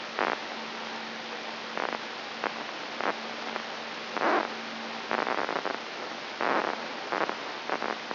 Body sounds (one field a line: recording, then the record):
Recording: brain microelectrode recording played as sound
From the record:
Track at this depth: inside the subthalamic nucleus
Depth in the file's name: 5.137 mm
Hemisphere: right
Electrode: 3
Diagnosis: Parkinson's disease